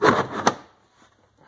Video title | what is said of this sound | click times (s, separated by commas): Kolpin Stronghold System - Ice Fishing Setup | slides right in locks in place and you're good to go | 0.5 s